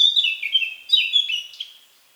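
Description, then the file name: Eurasian blackcap song fragment, a short series of loud fluty whistled notes, fading out at the end. "Sylvia atricapilla"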